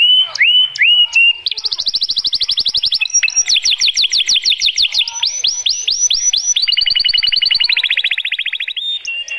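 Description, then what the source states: Atlantic canary song: a few slurred whistles, then a long run of fast, rolling trills and rapid repeated sweeping notes that change pitch from phrase to phrase. Female.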